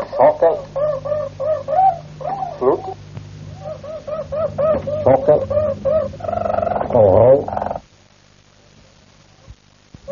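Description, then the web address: Harz Roller canary song: low, mellow rolling tours of rapidly repeated notes, steady rolls giving way to a louder fluttering burst near the end, then quiet. "canarios cantoharz"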